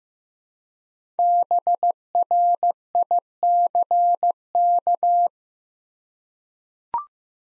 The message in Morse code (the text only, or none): BRICK